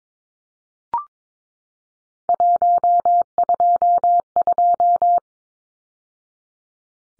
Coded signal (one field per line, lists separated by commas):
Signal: Morse code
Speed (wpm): 22 wpm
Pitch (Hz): 700 Hz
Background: none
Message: 122